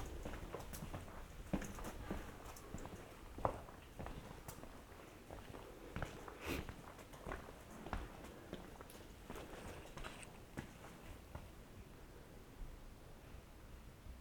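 Footsteps walking through Piran, Slovenia, an irregular series of short taps and scuffs over a low, steady background murmur. Sharper knocks stand out around 1.5, 3.5 and 6.5 seconds, and the steps grow softer and sparser toward the end.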